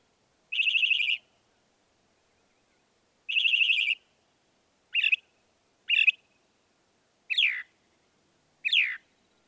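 Northern mockingbird song: high buzzy trilled phrase given twice, then a pair of short sharp notes, then a pair of steep downslurred whistles, each phrase repeated before changing.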